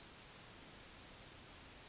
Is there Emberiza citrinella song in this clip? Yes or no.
no